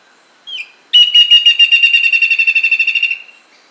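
Bird call: a short high whistled note, a pause, then a fast buzzy trill of rapid even pulses lasting about two seconds before fading out.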